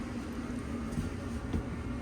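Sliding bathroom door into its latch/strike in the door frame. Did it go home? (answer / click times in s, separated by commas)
no / none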